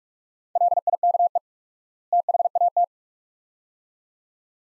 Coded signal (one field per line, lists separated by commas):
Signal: Morse code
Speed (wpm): 43 wpm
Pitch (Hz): 700 Hz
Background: none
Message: LIKE THAT